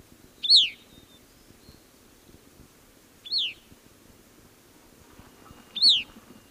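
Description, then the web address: Grey-cheeked thrush calls: three high notes that rise then fall, spaced a few seconds apart, over faint low background noise. Calls; South America, eastern lowlands. "Natures Songs S America Eastern Lowlands. Catharus minimus, calls"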